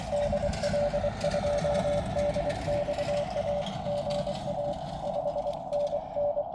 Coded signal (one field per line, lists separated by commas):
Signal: Morse code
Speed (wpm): 24 wpm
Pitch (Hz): 580 Hz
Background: none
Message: DL2DXA GA 5NN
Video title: YU1WC/P YU/ZS-072 Sota